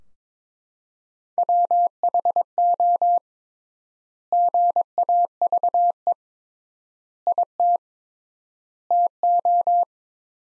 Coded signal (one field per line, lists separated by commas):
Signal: Morse code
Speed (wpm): 22 wpm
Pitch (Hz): 700 Hz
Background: none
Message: WHO GAVE IT TO